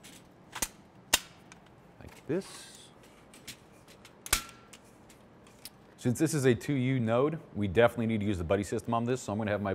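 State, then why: Seated. The screwless rail for a 2U Scale Computing HC5000 Series node is latched into the rack post on the second side of the rack, seating with a sharp click at 1.1 s. Smaller clicks and handling knocks follow around 0.6 s and 4.3 s. Someone talks through the second half of the clip.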